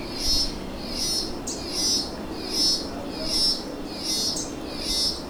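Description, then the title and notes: Cicada call, regular pulsing buzz repeated a little faster than once a second, with steady background hum. Cicadas in Costa Rica. "sonido de chicharras costa rica"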